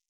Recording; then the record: hydrophone in a shrimp aquaculture tank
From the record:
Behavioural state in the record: stressed